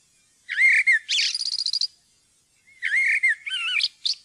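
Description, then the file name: Common blackbird song: a rich fluted warble followed by a rapid high trill, then another mellow phrase trailing into sharp squeaky notes. "svarttrost"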